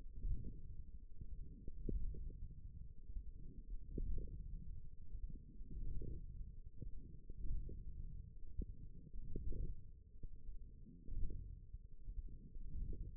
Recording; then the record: forearm muscle sounds (acoustic myography)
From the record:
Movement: wrist extension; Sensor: system 1, eight BSWA MPA416 microphones around the upper forearm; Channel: 1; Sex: female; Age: 20 years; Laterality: right